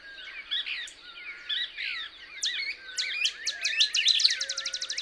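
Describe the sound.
Couch's Kingbird twittering, with buzzy slurred notes building into a quick string of sharp chips, and faint low whistles in the background.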